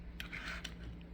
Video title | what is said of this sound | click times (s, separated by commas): Porsche 911 / 930 / 964 Turbo Rally Car w/ Trailer & random eye candy in Massachusetts from Slovakia | and clicks right in. | 0.2 s, 0.7 s